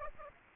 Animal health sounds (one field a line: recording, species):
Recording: mosquito wingbeat signal from an infrared sensor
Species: Aedes aegypti